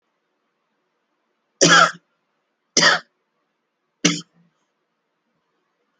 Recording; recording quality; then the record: shallow voluntary cough; excellent, no background noise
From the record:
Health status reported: healthy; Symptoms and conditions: diabetes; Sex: male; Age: 58 years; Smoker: not ticked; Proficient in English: yes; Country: India